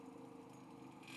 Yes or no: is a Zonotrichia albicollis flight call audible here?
no